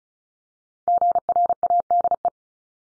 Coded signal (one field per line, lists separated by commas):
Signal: Morse code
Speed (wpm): 36 wpm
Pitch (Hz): 700 Hz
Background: none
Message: GRADE